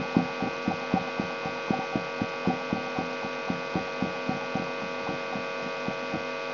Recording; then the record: brain microelectrode recording played as sound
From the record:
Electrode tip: inside the subthalamic nucleus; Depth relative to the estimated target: -1.5 mm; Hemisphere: right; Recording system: AlphaMap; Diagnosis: Parkinson's disease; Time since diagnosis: 17 years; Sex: male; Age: 64 years